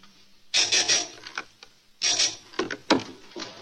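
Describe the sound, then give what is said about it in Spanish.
Someone sets a washing machine program: two bursts of clicky, rattling dial-turning, each ending in a few sharp plastic clicks, with quiet pauses in between and no voices. “Y ahora te queda ahí quietecita, mirándolo como hace la lavadora hasta que termine.”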